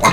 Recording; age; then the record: pig call; piglet (1 to 25 days)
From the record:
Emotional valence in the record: positive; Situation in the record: reunion after long isolation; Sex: male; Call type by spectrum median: low-frequency call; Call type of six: low-frequency tonal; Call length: 0.12 s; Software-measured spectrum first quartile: 808 Hz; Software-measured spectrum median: 1336 Hz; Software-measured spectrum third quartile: 3311 Hz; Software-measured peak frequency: 1077 Hz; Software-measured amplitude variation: 127 dB a second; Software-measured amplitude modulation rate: 4.0 a second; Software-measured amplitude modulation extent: 31.7 dB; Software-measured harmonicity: 1.9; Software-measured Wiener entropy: -2.18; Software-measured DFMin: 624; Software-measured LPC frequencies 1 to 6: 1076, 2088, 3884, 6507, 7529, 9196 Hz